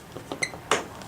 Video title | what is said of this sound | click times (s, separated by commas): How_To_SurfHero.mov | slide this back into place. You'll hear a pop. | 0.7 s